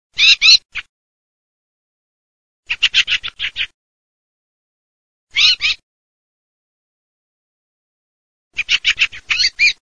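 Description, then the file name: Fieldfare calls: short, harsh bursts of rasping chattering notes, repeated about every three seconds, with silence between. "CESENAZA"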